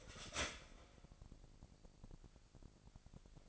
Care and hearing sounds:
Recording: daily activity, microphone in the room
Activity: start toaster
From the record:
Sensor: 5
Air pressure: 1007.2 hPa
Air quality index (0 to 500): 126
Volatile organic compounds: 1 ppm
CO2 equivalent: 957 ppm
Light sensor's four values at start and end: 25/57/23/23 and 25/57/23/23

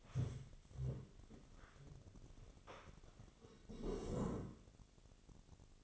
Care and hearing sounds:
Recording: daily activity, microphone in the room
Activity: stand up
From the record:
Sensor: 4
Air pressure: 1001.3 hPa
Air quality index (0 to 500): 180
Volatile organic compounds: 2 ppm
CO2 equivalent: 1294 ppm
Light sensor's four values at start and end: 13/31/12/12 and 13/31/12/13

